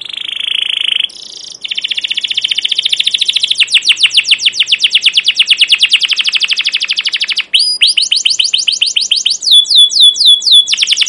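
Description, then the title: Canary song: a long continuous run of fast, bright chirps and dry trills, with a buzzy opening note, then rapid repeated downslurred whistles near the end. Captive canary with a long chirping song, used as a lure to train young canaries to learn sounds. "CUIT CUIT NGEROL LANGSUNG GACOR PANJANG Kenari Ini AMPUH Utk Pancingan KENAR"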